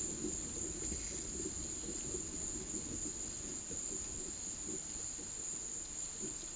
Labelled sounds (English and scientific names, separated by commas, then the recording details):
none
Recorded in secondary vegetation near Puerto Asís, Putumayo, Colombia, on 13 March 2025 at 15:00
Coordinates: 0.489, -76.322
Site G042